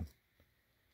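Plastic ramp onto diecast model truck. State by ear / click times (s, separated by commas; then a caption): not seated / none. A plastic ramp piece is pressed again onto a GreenLight 2019 Ford F-350 Platinum diecast model truck after an earlier try failed to snap it on. A brief low handling thump opens the clip, followed by a faint soft tick around 0.4 s and then near-silence. Nothing has seated or clicked yet.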